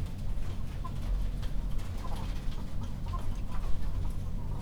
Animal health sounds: poultry house recording; healthy chickens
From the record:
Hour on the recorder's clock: 21

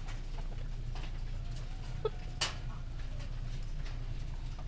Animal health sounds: poultry house recording; healthy chickens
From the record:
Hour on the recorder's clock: 19

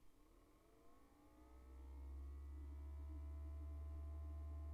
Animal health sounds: poultry house recording; no chicken sound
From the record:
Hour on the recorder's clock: 19

